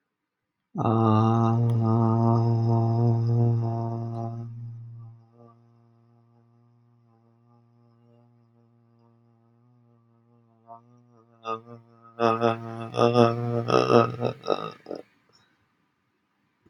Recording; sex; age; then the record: vowel held as long as possible; male; 30 to 39 years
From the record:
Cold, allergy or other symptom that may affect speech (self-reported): no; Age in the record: 36 years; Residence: United States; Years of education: 20